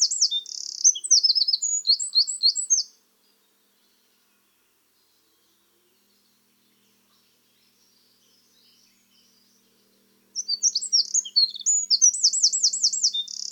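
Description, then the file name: Eurasian wren sings twice: loud, rapid, high-pitched twittering phrases with buzzing trills, the two songs separated by about seven seconds of quiet. "Troglodytes troglodytes"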